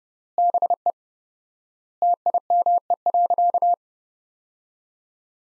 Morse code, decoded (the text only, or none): BE TIME.